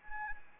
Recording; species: mosquito wingbeat signal from an infrared sensor; Anopheles arabiensis